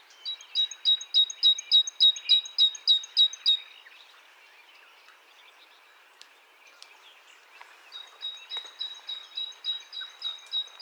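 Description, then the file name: Great tit song: a fast, regular string of high two-part notes, a pause filled with faint clicks and chirps, then a softer second run. "Parus major"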